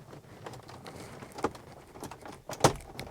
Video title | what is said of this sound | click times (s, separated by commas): There's No Reason For You To Dislike 2 Of The 3 Updates I Made To My BMW E30 S62!! | So let's take this and push it back in, and it should snap into place. | 2.6 s